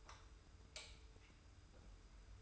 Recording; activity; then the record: daily activity, microphone in the room; light off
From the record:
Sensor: 2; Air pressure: 990.7 hPa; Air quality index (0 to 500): 122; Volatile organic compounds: 93 ppm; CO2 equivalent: 3704 ppm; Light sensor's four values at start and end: 31/79/32/31 and 26/62/25/25